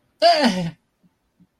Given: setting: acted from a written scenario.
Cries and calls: vocal sound without words; positive surprise

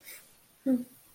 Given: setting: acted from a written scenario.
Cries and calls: vocal sound without words; neutral

